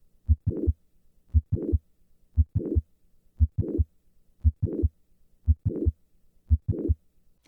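Regular adult heart cycles at about 58 beats a minute: a sharp first sound, then a brief snap in mid-systole followed by a short rough murmur running up to the second sound. This is mitral valve prolapse, a midsystolic click with a late systolic murmur.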